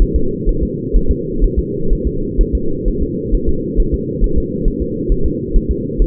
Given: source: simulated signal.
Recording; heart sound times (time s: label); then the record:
fetal heart sounds
0.02 s: S1
0.16 s: S2
0.49 s: S1
0.63 s: S2
0.96 s: S1
1.11 s: S2
1.44 s: S1
1.59 s: S2
1.93 s: S1
2.07 s: S2
2.41 s: S1
2.55 s: S2
2.88 s: S1
3.02 s: S2
3.34 s: S1
3.49 s: S2
3.80 s: S1
3.94 s: S2
4.24 s: S1
4.38 s: S2
4.68 s: S1
4.82 s: S2
5.12 s: S1
5.26 s: S2
5.56 s: S1
5.71 s: S2
6.02 s: S1
From the record:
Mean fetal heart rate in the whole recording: 130 bpm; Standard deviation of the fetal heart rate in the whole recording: 4 bpm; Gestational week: 38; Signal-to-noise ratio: -8.1 dB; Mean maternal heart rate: 72 bpm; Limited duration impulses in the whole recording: absent